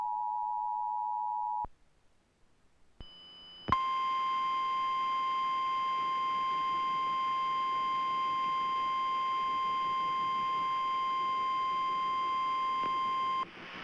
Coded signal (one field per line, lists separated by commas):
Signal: Emergency Alert System (SAME) tones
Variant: 853 and 960 Hz attention tone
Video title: Emergency Alert System - Tornado Warning